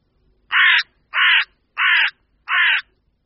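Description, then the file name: Carrion crow giving four loud, raspy caws, each about a third of a second long, spaced roughly evenly. "Vrána obecná"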